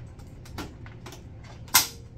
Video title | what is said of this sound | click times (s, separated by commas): PCA Pump Setup | and you should hear a click make sure it's secure | 1.8 s